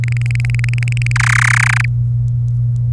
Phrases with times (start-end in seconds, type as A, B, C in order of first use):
0.04-1.12 A, 1.16-1.85 B